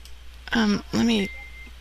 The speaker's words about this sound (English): I heard a beep in the background, sir. What's happening? What beep? There's a burrito ready, I assume.